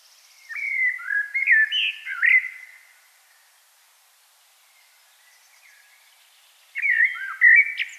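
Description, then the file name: Common blackbird song: a rich fluting phrase, a long pause, then another phrase begins. "Turdus merula"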